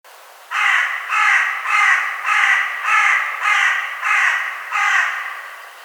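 Carrion crow giving eight loud, hoarse caws in quick, even succession, each harsh note roughly the same length.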